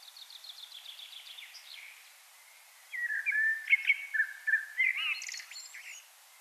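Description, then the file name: Common blackbird song: a rapid run of high thin notes, then low fluty warbled phrases with squeaky twittering ends. "Turdus merula"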